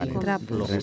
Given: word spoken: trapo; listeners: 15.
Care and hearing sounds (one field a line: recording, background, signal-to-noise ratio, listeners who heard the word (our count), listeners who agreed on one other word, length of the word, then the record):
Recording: one Spanish word in noise, from a listening test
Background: four-talker babble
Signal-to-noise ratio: 0.7 dB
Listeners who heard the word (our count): 2 of 15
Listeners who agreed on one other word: 12 of 15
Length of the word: 0.42 s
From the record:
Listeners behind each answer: 12, 2, 1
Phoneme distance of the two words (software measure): 7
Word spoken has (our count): 2 syllables, 5 phonemes, stress on syllable 1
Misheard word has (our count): 2 syllables, 6 phonemes, stress on syllable 1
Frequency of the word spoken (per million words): 8.41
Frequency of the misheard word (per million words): 4.18